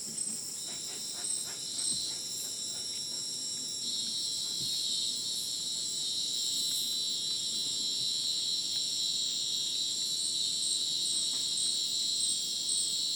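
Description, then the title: Crickets trilling together; a lower shrill band joins early and swells after four seconds, over a steady high-pitched wall of insect sound. Dense insect chorus sounding like a polyrhythmic electronic concert, after sunset in dense rainforest, Madidi National Park, Ucumari, Bolivia; AT BP4029 microphone, MixPre 6 recorder. "Madidi National Park, Ucumari, Bolivia - Supersonic Crickets in the rainforest"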